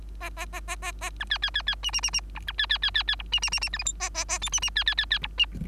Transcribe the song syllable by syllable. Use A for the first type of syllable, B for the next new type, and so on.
A A A A A A B C C C C D D D D E B C C C C C E D D D D F G H A A A I D D C C C C E D